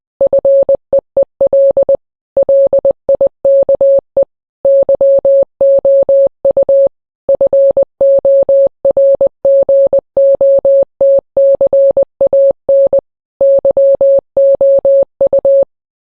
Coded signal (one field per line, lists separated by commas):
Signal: Morse code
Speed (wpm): 20 wpm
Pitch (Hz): 550 Hz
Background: none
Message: FEEL LIKE YOU FORGOT CAN YOU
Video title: Morse code I, 2021